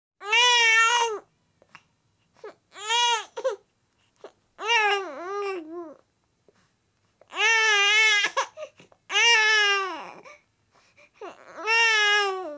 Crying baby sound effects the hollywood edge sound effects library.